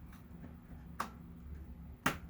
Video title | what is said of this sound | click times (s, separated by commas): Dyson DC07 Carpet Unboxing/Acquisition - Rare USA Clutchless Dyson! | Just like that. No real positive click. There it goes. | 1.0 s, 2.1 s